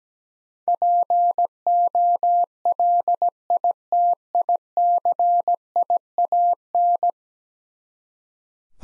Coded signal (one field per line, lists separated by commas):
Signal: Morse code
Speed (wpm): 17 wpm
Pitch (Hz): 700 Hz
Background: none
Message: POLITICIAN